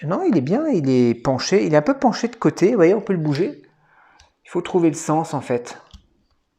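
A man talks while handling a plastic shoulder-mounted weapon accessory for a Masters of the Universe "Rio Blast" action figure by Mattel, turning it to find the right orientation to fit it onto the figure's shoulders. Only faint small sounds are heard between his words, and nothing has seated or clicked yet.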